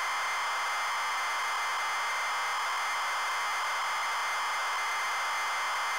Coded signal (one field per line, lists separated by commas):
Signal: ZX Spectrum tape loading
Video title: Bombjack - Zx Spectrum (Loading & Gameplay)